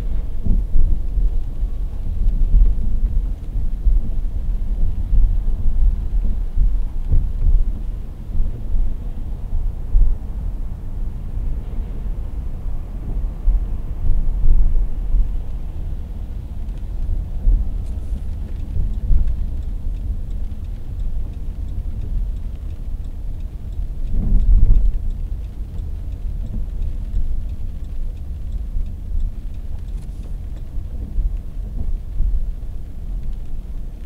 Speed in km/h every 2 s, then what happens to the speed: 40, 34, 34, 31, 28, 28, 30, 29, 32, 31, 29, 30, 32, 29, 26, 26, 26.
0-8 slows to 28. 8-24 steady at about 30. 24-28 slows to 26. 28-34 steady at about 26.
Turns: none.